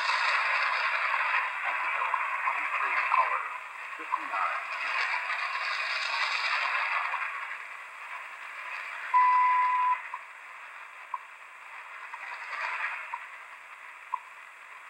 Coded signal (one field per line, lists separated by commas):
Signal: radio time signal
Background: speech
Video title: Leap second 2017 WWV